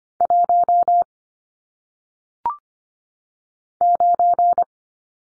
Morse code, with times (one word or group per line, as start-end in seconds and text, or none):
0.2-1.0 1
3.8-4.6 9